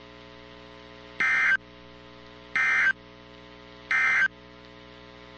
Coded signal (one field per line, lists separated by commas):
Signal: Emergency Alert System (SAME) tones